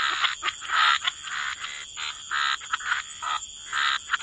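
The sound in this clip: Frog chorus of harsh, rasping croaks in uneven bursts separated by short quiet gaps, with a constant thin high hum behind.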